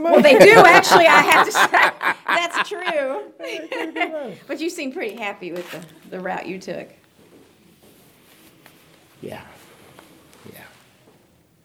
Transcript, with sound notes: Well they do actually, I have to say! That’s true! (laughter) But you seem pretty happy with the route you took.
Yeah….yeah….yeah.